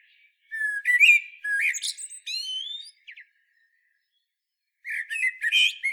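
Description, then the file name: Common blackbird song: melodious whistled notes, some rising, topped by brief high squeaks; a quiet gap precedes the next warbling phrase. "Turdus merula"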